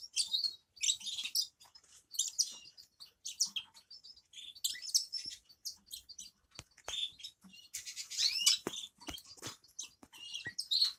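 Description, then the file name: Grass parakeets chattering with many short high chirps and squeaky notes in bursts throughout. "travyanye popugaiciki"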